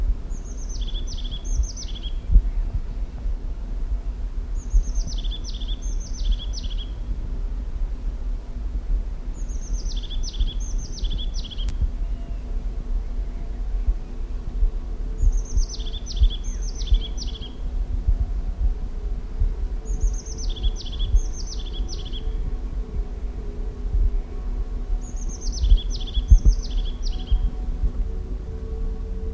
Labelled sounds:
European Crested Tit (Lophophanes cristatus)
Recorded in the wild
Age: adult
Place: Kärnten, AT
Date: 1967-03-12
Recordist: Brunner, Thomas
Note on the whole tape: Aufnahme im Mirnockgebiet, Kärnten

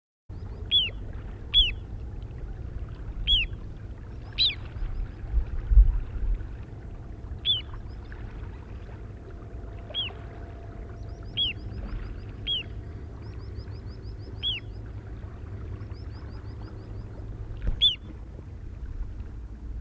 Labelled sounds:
Little Ringed Plover (Charadrius dubius) call
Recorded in the wild
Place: Michaelsdorfer Wiesen, Insel Rügen, Mecklenburg-Vorpommern, DE
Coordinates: 54.36, 12.56
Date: 1967-05-10
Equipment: Nagra III BH, Sennheiser MD 21, parabola
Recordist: Schubert, Michael

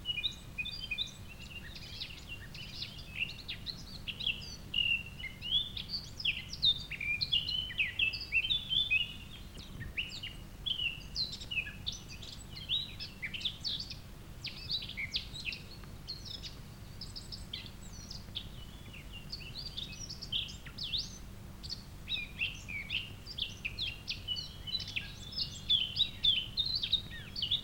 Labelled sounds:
Eurasian Blackcap (Sylvia atricapilla) song
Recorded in the wild
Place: Ossiach, Ossiachersee, Kärnten, AT
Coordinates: 46.6724, 13.9494
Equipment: Hornyphon, Phillips Mikrofon
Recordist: Brunner, Thomas
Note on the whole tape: Mönchsgrasmücke, Gesang. Illmitz, oberhalb des Hansbauer. Im Jahre 1960

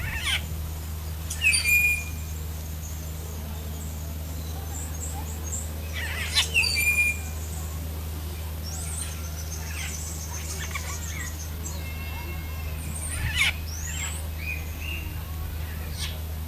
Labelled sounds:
Bronze-tailed Starling (Lamprotornis chalcurus)
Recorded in captivity
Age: adult
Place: Zoo Berlin, Berlin, DE
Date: 2005-07-17 15:27
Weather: fair, 21 - 23°C
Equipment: Sony WM-D6C, Sony ECM-MS 907, Kopie Uher 4000 Report Monitor
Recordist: Tembrock, Günter
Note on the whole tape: Zwei Tiere: Rufe und ein Tier: Gesang

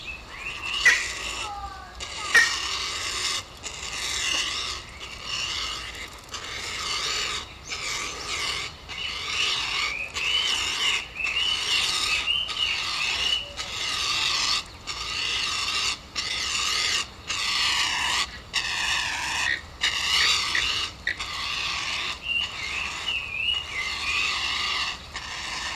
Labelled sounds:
Black-faced Ibis (Theristicus melanopis)
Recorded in captivity
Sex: diverse
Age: diverse
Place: Zoo Berlin, Berlin, DE
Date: 1997-08-19 11:07
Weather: 26-28°C, heiter
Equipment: Marantz CP 130, Mikro CE, Kopie Uher 4000 Report Monitor
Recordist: Tembrock, Günter
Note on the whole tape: Zwei adulte Tiere (Eltern): Kurzlaute, ein fast adultes Jungtier: "Bettelzischen"

